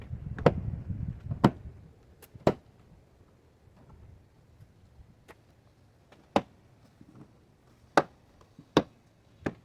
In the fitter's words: work your way all the way around the panel and listen for the Fasteners to snap into place